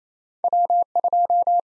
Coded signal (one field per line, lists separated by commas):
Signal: Morse code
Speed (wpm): 28 wpm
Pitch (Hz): 700 Hz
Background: none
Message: W2